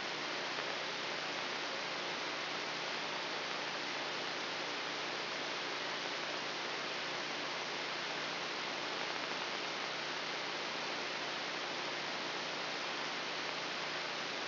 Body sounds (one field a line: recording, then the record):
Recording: brain microelectrode recording played as sound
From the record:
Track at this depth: outside the subthalamic nucleus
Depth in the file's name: 5.505 mm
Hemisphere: left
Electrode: 3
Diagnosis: Parkinson's disease